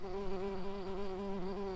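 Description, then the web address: Tree bumblebee giving a steady, low droning buzz with a slight wavering pitch, unbroken throughout. Workers. "Hypnorum workers"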